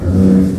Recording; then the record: squeal of a Yucatan mini pig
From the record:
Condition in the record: after surgery on the right vocal fold (resection and tissue-engineered implant); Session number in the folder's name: 7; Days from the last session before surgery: 47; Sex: female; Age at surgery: 19 weeks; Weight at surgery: 25 kg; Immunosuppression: prednisolone